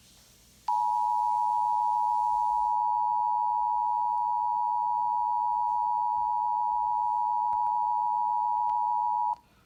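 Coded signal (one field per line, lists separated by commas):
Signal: Emergency Alert System (SAME) tones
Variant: 853 and 960 Hz attention tone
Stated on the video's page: Required monthly test relayed by Washington DC area radio and TV stations, received on one radio.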